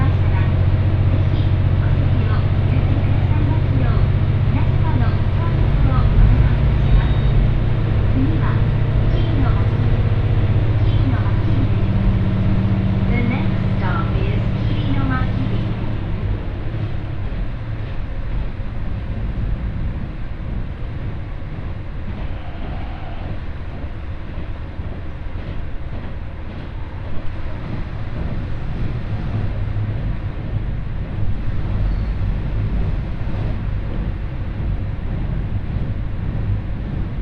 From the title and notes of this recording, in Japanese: 耳で楽しむ鉄道旅 井原鉄道 早雲の里荏原→総社。